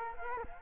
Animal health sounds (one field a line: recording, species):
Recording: mosquito wingbeat signal from an infrared sensor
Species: Culex quinquefasciatus